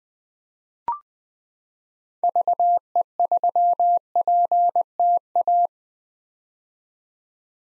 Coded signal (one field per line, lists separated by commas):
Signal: Morse code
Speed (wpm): 20 wpm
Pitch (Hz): 700 Hz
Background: none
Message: VE3PTA